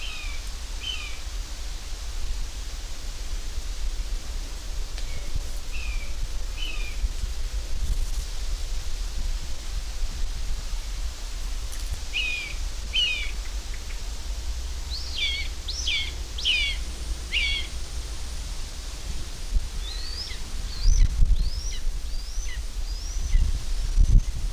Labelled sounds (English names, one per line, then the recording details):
Common Buzzard call
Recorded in the wild
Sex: diverse
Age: diverse
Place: Lübars (Fließtal), Berlin, DE
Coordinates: 52.6175, 13.3625
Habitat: forest
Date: 1998-07-26 16:33
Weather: heiter, 23°C
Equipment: Sony MD-WM MZ-R3, Sennheiser ME 80, Kopie Uher 4000 Report Monitor
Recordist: Tembrock, Günter
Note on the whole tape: Rufe flügger Jungvögel, am Waldrand sitzend mit Ortswechsel (auch Altvögel zu hören. Wäldchen, nahe der Benekendorffstraße